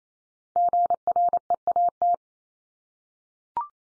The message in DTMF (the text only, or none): none